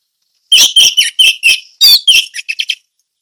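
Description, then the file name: Orange-headed thrush giving a brisk phrase of repeated scratchy whistled notes, about seven in under two seconds, ending in quicker, softer chips. Indonesian name anis merah; song style called ngeplong teler. "suara anis merah ngeplong teler"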